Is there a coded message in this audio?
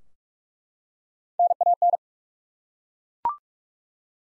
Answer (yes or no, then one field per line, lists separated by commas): yes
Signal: Morse code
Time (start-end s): 1.4-2.0 s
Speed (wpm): 42 wpm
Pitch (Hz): 700 Hz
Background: none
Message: NAN